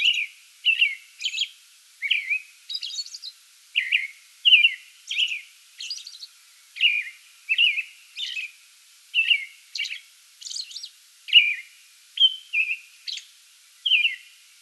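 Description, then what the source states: American robin pouring out a long, steady series of short whistled carols and high squeaky notes. Pre-dawn song bout, recorded 8 May 2022.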